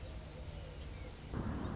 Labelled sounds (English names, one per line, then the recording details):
Song Sparrow
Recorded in Sonoma County, California